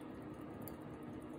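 The crown of a 1912 Elgin vintage pocket watch in a cushion case is pinched from behind and drawn out into the hand-setting position. A single soft, brief click sounds at 0.7 s over a steady low background. The crown's setting mechanism engages and releases into the hand-setting position.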